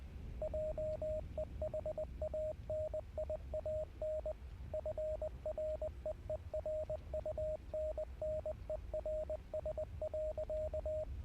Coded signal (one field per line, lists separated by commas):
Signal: Morse code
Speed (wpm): 20 wpm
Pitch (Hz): 620 Hz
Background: radio noise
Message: JEHANIAN FREERUNNERS.